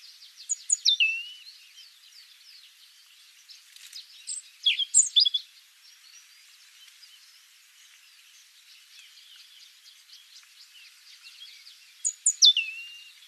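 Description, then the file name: European robin singing brief sweet, high-pitched phrases with a falling whistle, in three short bursts separated by long pauses. "Erithacus rubecula"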